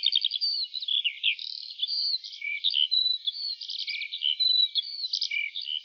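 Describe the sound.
Lark song, an unbroken babble of high twittering notes, short trills and slurred chirps.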